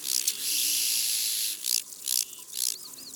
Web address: Le criquet bariole Bestiaire. un jour dans la montagne